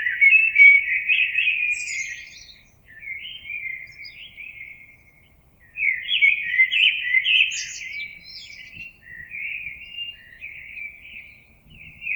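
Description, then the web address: Common blackbird song, full warbled phrases alternating with shorter ones, brief high squeaks mixed in, quiet surroundings. Recorded 26 April 2022. "oiseaux Merle 2022 04 26"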